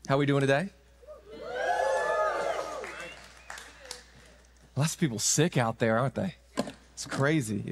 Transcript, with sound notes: How we doing today? [cheering] Lots of people sick out there, aren't they? It's crazy.